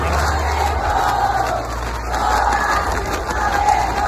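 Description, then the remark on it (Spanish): A large crowd of fans at Lollapalooza chants in unison "Fódase Flamengo" against Flamengo, a loud, sung football-style chant with melodic phrases that rise and fall in a steady repeating rhythm, sustained throughout without pause. “Esto sí lo podemos ver, el cantito, por favor.”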